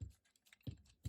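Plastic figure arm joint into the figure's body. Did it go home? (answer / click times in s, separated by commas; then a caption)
yes / 0.5 s, 1.0 s. A plastic transforming toy figure's arms are rotated out from the panels under its body and unfolded, clicking into place in the figure's body. Short, sharp plastic clicks land at 0.5 s and 1.1 s, with soft handling thumps and rustle around them. Both arms end up seated.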